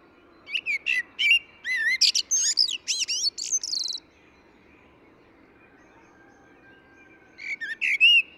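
Eurasian blackbird song: a three-second phrase of varied fluted whistles and high squeaky flourishes, a long pause, then another phrase begins.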